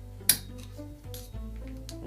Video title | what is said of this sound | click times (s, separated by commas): Honda Deauville Fork Seals and Brake Pads | a nice click, and it's in. | 0.3 s